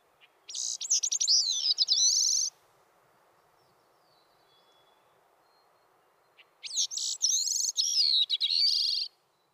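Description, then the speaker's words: Thrush song in two bursts of high, fluttering, twisting notes about six seconds apart, with a faint steady hiss in the background. At dawn on a mountaintop among low, dense, dark spruces; described as a soft, delicate musical whisper of the purest harmony in a minor key, with a marked quality of interior reverberation. "Albeit it was of the purest harmony, it seemed to have in a more marked degree the quality of interior reverberation than any other thrush song I had ever heard."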